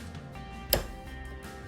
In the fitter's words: snaps good deal it's fixed